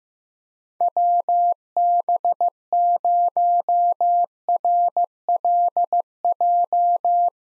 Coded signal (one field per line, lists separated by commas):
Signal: Morse code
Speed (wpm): 15 wpm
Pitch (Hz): 700 Hz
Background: none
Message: WB0RLJ